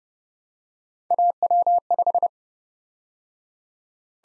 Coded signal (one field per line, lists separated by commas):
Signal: Morse code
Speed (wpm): 31 wpm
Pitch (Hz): 700 Hz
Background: none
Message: AW5